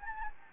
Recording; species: mosquito wingbeat signal from an infrared sensor; Anopheles gambiae